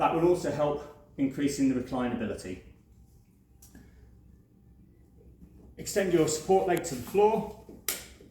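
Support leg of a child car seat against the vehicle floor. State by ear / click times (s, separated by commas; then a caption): seated / 7.9 s. Someone talks while the support leg of an Axkid Minikid 4 child car seat is extended down to the vehicle floor. A single sharp click or knock sounds at 7.9 s as the leg locks firmly onto the floor.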